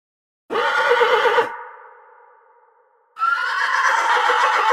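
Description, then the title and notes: Horse whinnying, a quavering neigh with a long reverberant tail fading over more than a second, then a second extended whinny. Horse with forest reverb, recorded as an impulse response (IR) sample. "Forest Reverb with Horse by Phonophilist"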